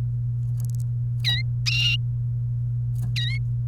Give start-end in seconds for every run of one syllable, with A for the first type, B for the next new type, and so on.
3.16-3.38 A